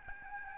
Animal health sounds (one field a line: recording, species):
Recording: mosquito wingbeat signal from an infrared sensor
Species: Aedes albopictus